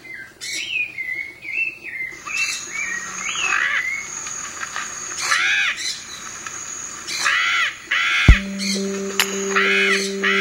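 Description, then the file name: Yellow-collared macaw giving harsh, arched squawks in quick bursts, mixed with a few thinner whistled notes; a steady low hum starts near the end. "canto da maracana de colar"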